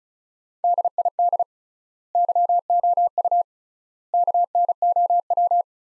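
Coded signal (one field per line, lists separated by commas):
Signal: Morse code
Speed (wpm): 35 wpm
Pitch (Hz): 700 Hz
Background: none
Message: DID YOU KNOW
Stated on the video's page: Practice sentences built from the top 100 words, sent at 35 wpm with three times standard word spacing, a word-based analogue of Farnsworth spacing.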